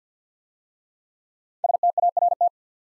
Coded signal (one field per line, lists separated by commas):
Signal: Morse code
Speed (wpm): 48 wpm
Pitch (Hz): 700 Hz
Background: none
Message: START